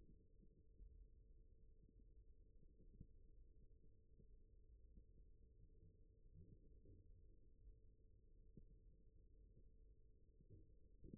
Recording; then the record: forearm muscle sounds (acoustic myography)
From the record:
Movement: rest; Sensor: system 1, eight BSWA MPA416 microphones around the upper forearm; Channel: 7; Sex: male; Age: 41 years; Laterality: right